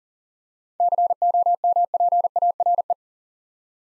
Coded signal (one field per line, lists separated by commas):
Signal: Morse code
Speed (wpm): 38 wpm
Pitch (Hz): 700 Hz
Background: none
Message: COMPARE